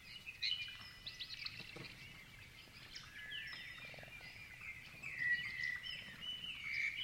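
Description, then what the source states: Grey-fronted honeyeaters chirping, a continuous chatter of high whistled and twittering notes that strengthens in the second half. Several birds chirping together.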